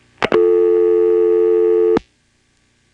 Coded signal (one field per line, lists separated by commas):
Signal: telephone call progress tone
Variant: North America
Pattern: dial tone